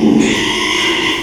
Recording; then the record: squeal of a Yucatan mini pig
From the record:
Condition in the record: after surgery on the right vocal fold (resection and tissue-engineered implant); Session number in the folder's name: 1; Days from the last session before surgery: 6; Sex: male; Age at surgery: 12 weeks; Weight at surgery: 13 kg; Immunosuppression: cyclosporine, prednisolone